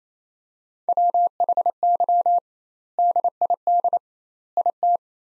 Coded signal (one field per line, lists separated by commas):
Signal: Morse code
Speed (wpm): 28 wpm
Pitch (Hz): 700 Hz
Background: none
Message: WHY DID IT